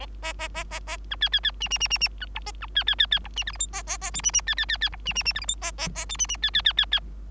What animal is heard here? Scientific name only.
Lonchura striata domestica